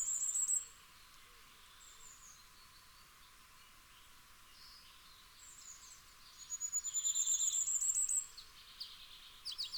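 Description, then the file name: Common firecrest singing thin, very high-pitched rapid note series, one cut off at the start and a longer run of about two seconds near the end. "Fiorrancino"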